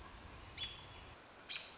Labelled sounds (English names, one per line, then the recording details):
American Robin
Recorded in Sonoma County, California